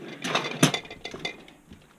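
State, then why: Seated. A pantry pull-out in a brand-new, custom-ordered Forest River Sunseeker MBS 2400S RV is pushed into its cabinet, and its latch, already bent up and broken, locks into place with a loud clack at 0.6 s. Lighter clinks and rattles follow through the rest of the clip. It latches this time, but most of the time it will not lock or slides back out while driving.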